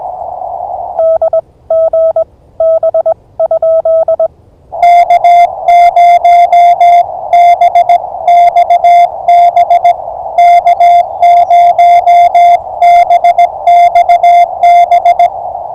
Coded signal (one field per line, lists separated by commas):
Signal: Morse code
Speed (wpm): 20 wpm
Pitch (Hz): 660 Hz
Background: music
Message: D G B? K0BXB K0BXB